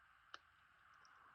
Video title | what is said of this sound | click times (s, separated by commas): Making Fabric Covered Buttons | Hopefully you'll hear it snap. If I be quiet, you will. There. | 0.3 s